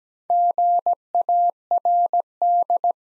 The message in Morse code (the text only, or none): GARD